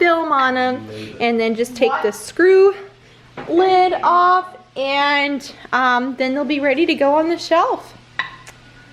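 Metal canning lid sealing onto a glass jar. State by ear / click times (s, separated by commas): seated / 8.2 s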